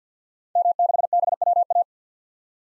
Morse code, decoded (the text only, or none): M6BWA